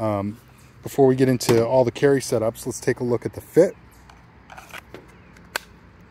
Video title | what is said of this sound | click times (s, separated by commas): FOBOS Alaris and Custom Kydex GIVEAWAY!!! | really nice click in there's no rattle no play | 5.6 s